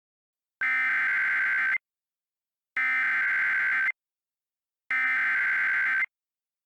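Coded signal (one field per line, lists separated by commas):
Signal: Emergency Alert System (SAME) tones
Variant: header bursts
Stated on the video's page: Fictional EAS scenario about a parasite outbreak and quarantine, not a real broadcast.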